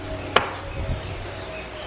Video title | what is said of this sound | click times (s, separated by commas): Reduce JEEP Rear Door DESTRUCTION | that wasn't too bad you probably heard the snap fit in there pretty well | 0.4 s